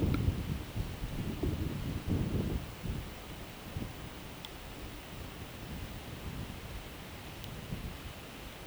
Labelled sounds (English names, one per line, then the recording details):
none
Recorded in pastures near Puerto Asís, Putumayo, Colombia, on 21 March 2025 at 12:30
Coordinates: 0.486, -76.323
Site G075